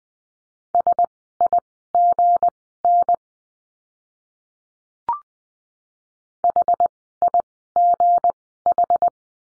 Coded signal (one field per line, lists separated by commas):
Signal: Morse code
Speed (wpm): 20 wpm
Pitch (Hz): 700 Hz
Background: none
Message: SIGN HIGH